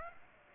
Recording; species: mosquito wingbeat signal from an infrared sensor; Aedes aegypti